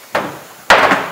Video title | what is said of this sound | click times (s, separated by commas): Maxim 3000 Assembly | it in nurse you hear it snap in the panel | 0.7 s